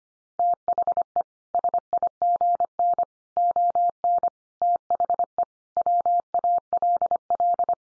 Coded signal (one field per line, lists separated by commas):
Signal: Morse code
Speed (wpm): 25 wpm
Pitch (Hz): 700 Hz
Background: none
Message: THE SIGN ON THE WALL